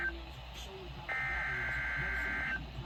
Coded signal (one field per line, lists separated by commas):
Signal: Emergency Alert System (SAME) tones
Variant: header bursts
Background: speech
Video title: EAS Severe Thunderstorm Watch on NOAA Radios (9/20/2022) EAS #184